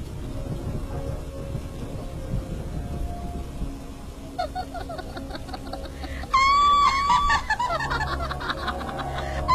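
A steady roar of wind and rain over deep, low thunder rumbling, joined midway by crackling bursts and a loud, shrill, wavering cry that rises and falls.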